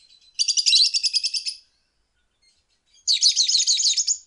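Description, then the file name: Lovebird calls: two sustained bursts of fast, harsh, buzzy chattering notes, each over a second long, with a pause between. "suara call lovebird"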